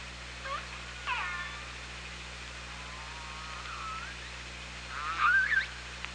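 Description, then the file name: Killer whale calls: several harmonic squeals sweeping up and down, the loudest a rising then falling cry near the end, over steady underwater hiss and low hum. Picked up by the OrcaLab hydrophone on 24 August 2017. "Orca Lab 20170824"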